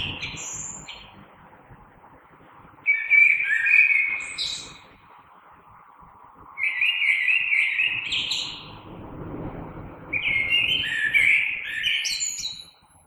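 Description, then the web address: Common blackbird song: several mellow fluted phrases with thin high twittering tails, over a faint low background hum. Recorded 3 March 2020. "oiseaux Merle 2020 03 03"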